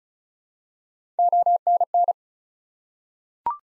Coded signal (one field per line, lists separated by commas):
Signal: Morse code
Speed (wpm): 36 wpm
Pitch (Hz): 700 Hz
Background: none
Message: ONN